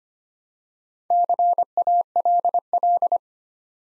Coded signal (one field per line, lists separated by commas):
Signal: Morse code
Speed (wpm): 25 wpm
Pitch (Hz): 700 Hz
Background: none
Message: CALL